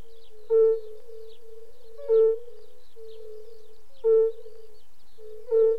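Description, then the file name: European fire-bellied toad giving mellow, low, bell-like 'oop' notes, four in this stretch, spaced about every one and a half to two seconds over a continuous background toad chorus. "klokkefrø"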